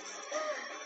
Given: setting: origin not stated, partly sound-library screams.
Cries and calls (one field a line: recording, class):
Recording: one-second piece from a danger detection set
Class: woman in danger